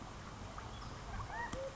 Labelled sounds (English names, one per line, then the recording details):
California Quail
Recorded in Sonoma County, California